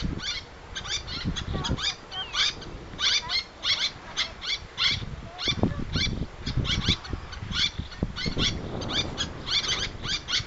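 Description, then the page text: Little tern calls: sharp, raspy notes in clustered bursts with short gaps, over a low rumble. "Albert Lastukhin - Малая крачка (Sterna albifrons)"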